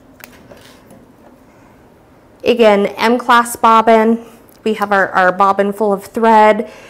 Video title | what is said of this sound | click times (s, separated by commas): Sew Creative Live - National Sewing Machine Day! ONE DAY ONLY!! | the bobbin again it just pops right out again | 0.2 s